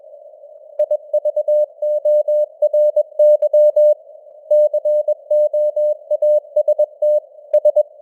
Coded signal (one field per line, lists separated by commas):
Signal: Morse code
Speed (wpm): 21 wpm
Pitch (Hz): 600 Hz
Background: none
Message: IVORY COAST S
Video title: Morse Code News | 2025-11-05 | 21wpm